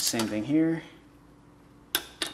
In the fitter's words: a click okay